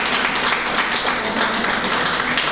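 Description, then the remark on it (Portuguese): An audience at a church worship service claps for Jesus, many hands blending into a dense, even wash of applause that holds at a constant level, with no voices standing out above it. “Palmas para Jesus, irmão. Palmas para Jesús.”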